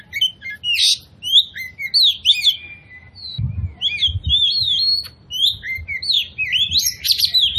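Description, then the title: Oriental magpie-robin song of sweet rising and falling whistles mixed with scratchy notes, steady flowing delivery, low thuds faintly heard midway. Song used as a lure to provoke other magpie-robins into aggression, tail-spreading and fighting display; full 'tembakan' bursts. "KACER NGOTOT FULL TEMBAKAN. Pancingan Kacer Gacor Plong Plongan Buat Kacer Lain Auto Emosi Buka Ekor Ngobra"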